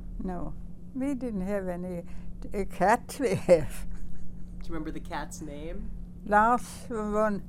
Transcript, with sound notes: No. We didn't have any. A cat we had. (she laughs)
Do you remember the cat's name?
Lars was one.